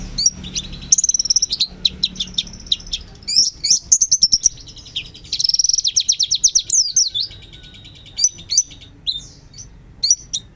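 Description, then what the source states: White-eye giving high, squeaky warbling with quick trilled runs and sharp chips, a lively rambling song with brief gaps and a few isolated notes toward the end. Long, melodious song.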